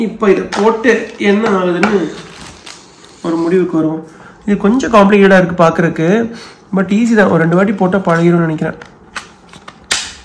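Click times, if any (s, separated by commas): 9.9 s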